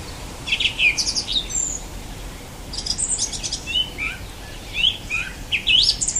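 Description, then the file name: Song thrush song: short, varied whistled and chirpy phrases with clear gaps, some notes sliding upward, sung over a quiet background hiss. "Golosa ptic - Pevchij drozd"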